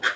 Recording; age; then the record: pig call; piglet (1 to 25 days)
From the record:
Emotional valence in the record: negative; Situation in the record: missed nursing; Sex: male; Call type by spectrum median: low-frequency call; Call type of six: low-frequency modulated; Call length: 0.16 s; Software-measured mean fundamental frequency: 69 Hz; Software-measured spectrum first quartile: 1482 Hz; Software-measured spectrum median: 1800 Hz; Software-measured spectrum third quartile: 2953 Hz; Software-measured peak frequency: 1575 Hz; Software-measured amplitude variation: 185 dB a second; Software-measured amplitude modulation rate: 3.1 a second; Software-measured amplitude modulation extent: 59.4 dB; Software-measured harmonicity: 3.4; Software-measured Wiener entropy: -1.61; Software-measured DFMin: 1172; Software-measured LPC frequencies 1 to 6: 1513, 3279, 3660, 4634, 5346, 6133 Hz